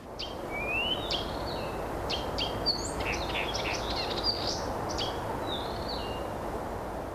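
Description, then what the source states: Blyth's reed warbler song: high whistled and chirping phrases, slurred notes and short clicks in a varied run over steady background hiss. Singing at the edge of a lush forest clearing with raspberry scrub, a couple of metres up behind willows; repeats phrases a few times, all imitations of other species.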